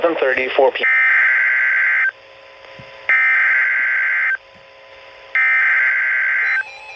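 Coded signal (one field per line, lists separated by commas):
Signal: Emergency Alert System (SAME) tones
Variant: header bursts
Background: speech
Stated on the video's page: Real EAS alerts received during a late-night storm, including a flash flood warning upgraded to life-threatening that triggered a WEA activation.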